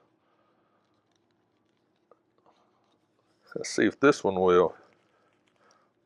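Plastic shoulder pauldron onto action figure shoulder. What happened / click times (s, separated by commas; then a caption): The plastic shoulder piece fails to snap onto its peg / none. A second plastic shoulder pauldron is pushed onto the shoulder peg of a Mythic Legions IlGarr action figure, with only faint, soft plastic ticks while someone talks. The pauldron fails to snap in, and nothing has seated or clicked yet.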